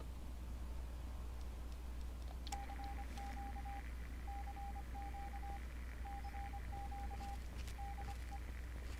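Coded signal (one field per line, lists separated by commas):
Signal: Morse code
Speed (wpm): 25 wpm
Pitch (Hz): 800 Hz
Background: none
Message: CQ CQ CQ DE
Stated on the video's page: Morse code from the game Fallout 3, played without mods.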